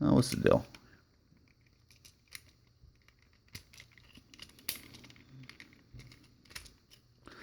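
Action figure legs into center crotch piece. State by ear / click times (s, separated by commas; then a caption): not seated / none. Someone briefly talks at the start, then the plastic legs of a Hasbro Transformers Titans Return Leader Sky Shadow / Black Shadow action figure are handled and pushed toward the center crotch piece, producing small scattered plastic taps and clicks. Nothing has seated or snapped into place yet.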